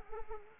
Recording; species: mosquito wingbeat signal from an infrared sensor; Anopheles arabiensis